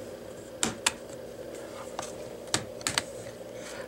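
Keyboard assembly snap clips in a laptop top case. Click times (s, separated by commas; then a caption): 0.6 s, 0.9 s, 2.5 s, 2.9 s. A spudger is worked around the seam between the rubbery and plastic sections of the plastic keyboard assembly in the top case of an HP Chromebook 11 G5 EE laptop, releasing its snap clips one after another. Sharp snaps are heard at 0.6, 0.9, 2.5 and 2.9 s, with fainter ticks between them over a low steady background. The keyboard clips snap open and release.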